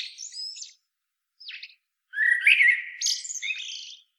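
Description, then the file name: Common blackbird song: a few brief high twittery notes, a pause, then a longer low fluting warble that breaks into squeaky high twittering at the end. "Turdus merula"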